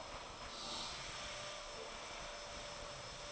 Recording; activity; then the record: daily activity, microphone in the room; vacuum cleaning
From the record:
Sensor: 5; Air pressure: 988.8 hPa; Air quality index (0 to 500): 236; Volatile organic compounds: 200 ppm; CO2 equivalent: 4213 ppm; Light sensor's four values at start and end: 40/125/48/51 and 40/125/48/51